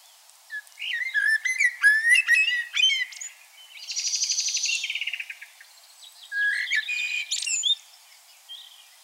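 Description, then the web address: Common blackbird song: fluted warbling phrases, then a buzzy high chattering stretch, then another short whistled phrase. "SETE data Turdus merula"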